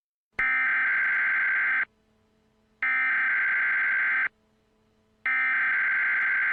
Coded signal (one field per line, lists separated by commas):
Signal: Emergency Alert System (SAME) tones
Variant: header bursts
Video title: [EAS Mock] EAN Simulation Part 2